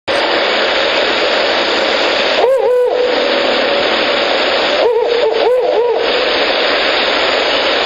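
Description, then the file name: Ural owl hooting: a short pair of low hoots, then after a pause a few more, all over a constant loud hiss. Male; 13 May 2019, 17:47. "フクロウ♂ 1905131747 少年の森"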